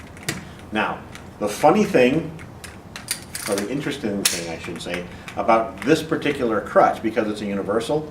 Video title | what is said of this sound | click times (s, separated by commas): 8 Crutches | pull it down to the right size let it click into place | 0.3 s